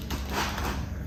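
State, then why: Not seated. A plastic cleaning-solution bottle is pushed into its holder on a Swiffer PowerMop powered spray mop, producing a soft sliding, rubbing handling sound with a slightly louder scrape at about 0.1 s. Nothing has seated or clicked yet.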